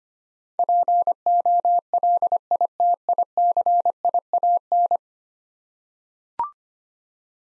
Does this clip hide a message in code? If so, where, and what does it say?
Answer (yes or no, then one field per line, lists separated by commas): yes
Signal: Morse code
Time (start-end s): 0.6-5.0 s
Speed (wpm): 25 wpm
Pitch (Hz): 700 Hz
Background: none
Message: POLITICIAN